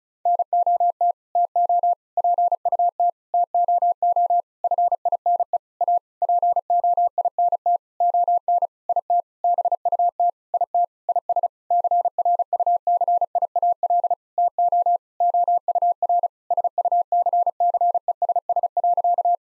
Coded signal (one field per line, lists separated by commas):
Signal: Morse code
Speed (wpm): 36 wpm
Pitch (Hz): 700 Hz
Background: none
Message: NOT TO PUT TOO FINE A POINT ON IT BUT IT IS CRUCIAL TO OUR SUCCESS.